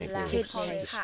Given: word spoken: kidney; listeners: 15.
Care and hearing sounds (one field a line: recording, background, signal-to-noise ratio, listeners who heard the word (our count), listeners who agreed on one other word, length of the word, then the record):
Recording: one English word in noise, from a listening test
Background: four-talker babble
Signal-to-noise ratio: -1.1 dB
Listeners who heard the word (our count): 4 of 15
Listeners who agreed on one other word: 6 of 15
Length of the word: 0.64 s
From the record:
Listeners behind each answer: 6, 4, 2, 1, 1, 1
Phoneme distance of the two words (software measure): 14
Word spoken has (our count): 2 syllables, 5 phonemes, stress on syllable 1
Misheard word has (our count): 1 syllable, 3 phonemes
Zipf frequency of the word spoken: 3.94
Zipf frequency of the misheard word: 4.78